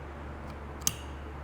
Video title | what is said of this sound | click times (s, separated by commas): Solving Windshield Wipers & Adaptors - DIY with Kevin | and you hear that snap that snap means it's latched in there | 0.9 s